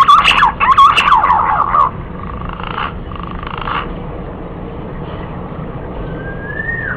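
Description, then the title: Green pigeon giving quick warbling whistles for about two seconds. Softer fragments follow, and a faint sliding whistle closes it against a low hiss. Lure call used to attract green pigeons. "Pikat Burung Punai"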